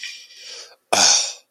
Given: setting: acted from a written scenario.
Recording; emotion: vocal sound without words; disappointment